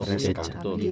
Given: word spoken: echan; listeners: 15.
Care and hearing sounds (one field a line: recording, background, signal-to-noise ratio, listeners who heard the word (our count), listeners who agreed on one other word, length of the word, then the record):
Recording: one Spanish word in noise, from a listening test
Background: four-talker babble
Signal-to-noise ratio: -0.3 dB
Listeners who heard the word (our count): 0 of 15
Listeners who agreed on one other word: 6 of 15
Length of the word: 0.51 s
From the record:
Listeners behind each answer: 6, 5, 1, 1, 1, 1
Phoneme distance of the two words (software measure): 28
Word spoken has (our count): 2 syllables, 4 phonemes, stress on syllable 1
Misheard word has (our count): 3 syllables, 6 phonemes, stress on syllable 2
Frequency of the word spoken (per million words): 6.31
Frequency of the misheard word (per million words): 1.46